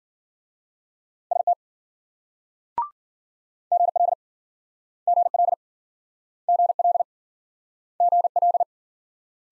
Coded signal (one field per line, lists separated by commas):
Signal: Morse code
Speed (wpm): 53 wpm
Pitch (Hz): 700 Hz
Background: none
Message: ST GL GL GL GL